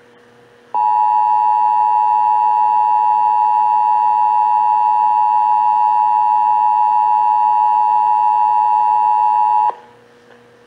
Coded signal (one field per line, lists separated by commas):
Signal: Emergency Alert System (SAME) tones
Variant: 853 and 960 Hz attention tone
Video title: (EAS #127-130) March 2022 Texas Required Monthly Test [1 of 2] (WBAP-AM, KPXD-TV, KSCS-FM, KERA-FM)